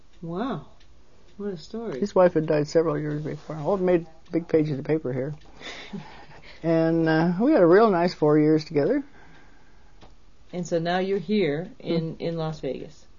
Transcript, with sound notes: Wow. What a story.
His wife had died several years before. Oh, it made the big page of the papers here. (laughs) And uh - we had a real nice four years together.
And so now you're here in - in Las Vegas.